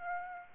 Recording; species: mosquito wingbeat signal from an infrared sensor; Aedes aegypti